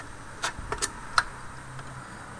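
A plastic part of a Hobby Boss 1/16 scale Pz.Kpfw. VI Tiger tank model is put back onto the drive shaft assembly. A few soft plastic taps come at about 0.4 s and 0.7–0.8 s, then one loud, sharp snap at 1.2 s as the part pops into place and seats.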